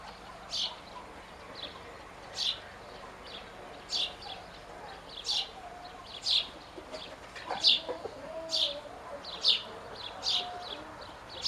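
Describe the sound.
Bird chirping, sharp high notes repeated, with faint lower whistled notes in between.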